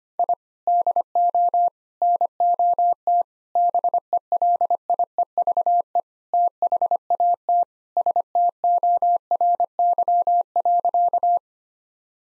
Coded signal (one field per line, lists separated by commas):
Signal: Morse code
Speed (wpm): 25 wpm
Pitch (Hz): 700 Hz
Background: none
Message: I DO NOT BELIEVE THAT STORY.